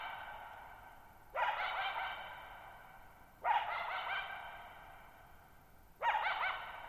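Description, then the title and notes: Coyote barking: three harsh barks roughly two to three seconds apart, each trailing off into a long, ringing echo in an otherwise quiet night. Lone coyote at night, July 14, 2019, Thirtymile Meadows, Okanogan National Forest, Okanogan High Country, Pacific Northwest; 6400 ft (1950 m) shallow bowl-shaped meadow on a high dry plateau. "Lone Coyote at Thirtymile Meadows. the night of July 14, 2019, camped near Thirtymile Meadows in the Okanogan National Forest at 6400 ft (1950 m)"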